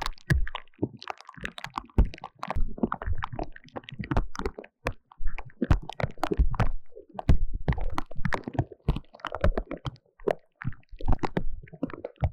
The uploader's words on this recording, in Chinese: 氣泡水入侵耳朵!!Ears in Sparkling Water。